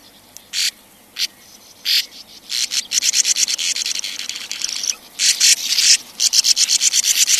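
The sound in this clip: Sand martin calls: scattered raspy notes building into rapid, scratchy chattering series of dry buzzy chirps.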